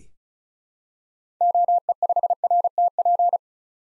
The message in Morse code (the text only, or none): OE5RTP